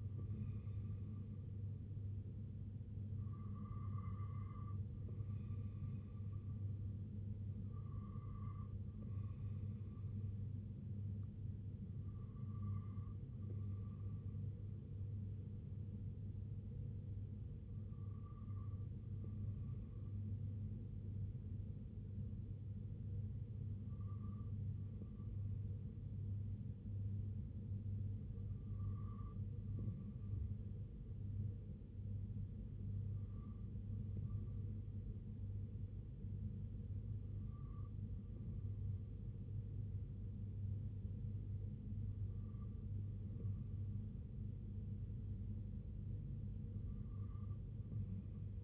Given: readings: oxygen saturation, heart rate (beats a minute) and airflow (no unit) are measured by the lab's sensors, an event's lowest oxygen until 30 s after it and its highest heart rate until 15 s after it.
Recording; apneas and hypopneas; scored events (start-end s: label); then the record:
breathing in sleep by a smartphone at the bedside; none
none scored
From the record:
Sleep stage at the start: N2 (light sleep); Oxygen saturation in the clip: 94 to 95%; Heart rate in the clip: 64 to 76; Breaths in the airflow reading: 10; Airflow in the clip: -4.5 to 2.7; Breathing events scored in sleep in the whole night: 258 in 7.4 hours asleep